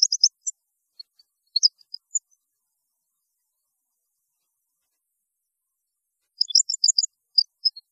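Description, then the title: European goldfinch song: two short bursts of high, rapid twittering notes, one at the start and one near the end, separated by several seconds of silence. "Chant Chardonneret"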